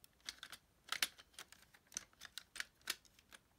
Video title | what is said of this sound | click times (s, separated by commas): Tobot V Great Admiral Review | there we go so they've kind of clicked into place now and then when you come on the underside | 1.0 s, 2.0 s